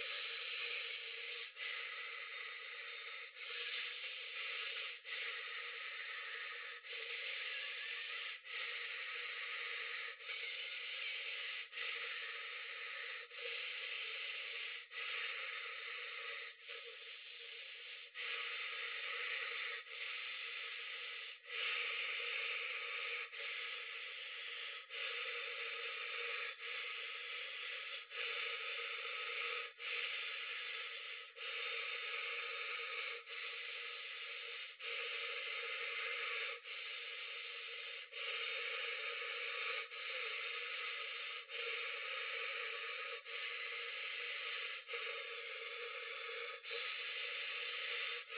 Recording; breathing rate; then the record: paced breathing near a phone; 18 breaths a minute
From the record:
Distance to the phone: 40 cm